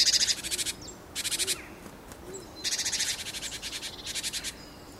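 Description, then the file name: Great tit giving buzzy, rapidly pulsed churring calls in several bursts. "Parus major"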